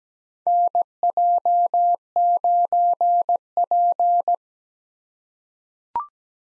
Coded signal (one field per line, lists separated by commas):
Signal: Morse code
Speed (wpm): 17 wpm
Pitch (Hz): 700 Hz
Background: none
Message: NJ9P